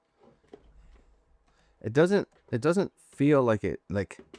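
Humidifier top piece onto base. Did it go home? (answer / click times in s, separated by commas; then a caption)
no / none. A plastic top piece is set onto the base of a Provirtech HC-03 humidifier with its two alignment arrows lined up. Faint small knocks come at about 0.5 seconds, and then someone talks. Nothing has seated or clicked; the top just sits on the base without snapping into place.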